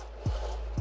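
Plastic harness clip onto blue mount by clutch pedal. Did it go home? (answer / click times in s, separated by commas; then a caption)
no / none. A plastic wiring harness clip is handled near the blue mount by the clutch pedal of a 9th Gen Si during a clutch pedal adjustment. Two dull low thumps are heard at about 0.3 s and 0.8 s over a steady low hum. Nothing has seated or clicked yet.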